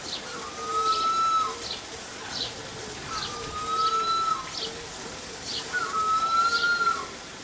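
Harpy eagle calling with a thin, level whistle repeated about every two and a half seconds, with other birds calling in the background.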